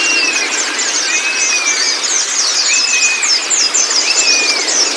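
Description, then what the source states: White-eye twittering, high and rapid, over a rising-then-falling whistle repeated a few times. Meant to get a pleci to open its beak and start singing; 'masteran' training for the bird.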